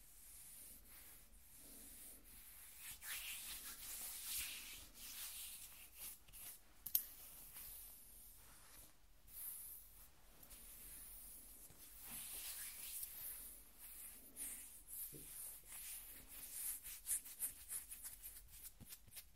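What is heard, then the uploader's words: Skin scratching makes soft, dry rubbing and scraping strokes in an uneven, continuous rhythm, mostly bright and hissy, with a sharper tap near seven seconds. ASMR Skin Scratching 1 Hour (No Talking).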